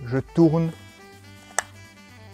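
Someone talks while lining up the black dot on a plastic diffuser with the black or green dot on a Retra underwater strobe head and twisting it on. A short, sharp click at 1.6 s is the bayonet locking home, and the diffuser is seated and secured.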